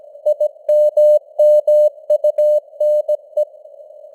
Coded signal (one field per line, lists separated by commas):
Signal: Morse code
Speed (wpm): 17 wpm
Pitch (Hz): 600 Hz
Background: none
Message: IMMUNE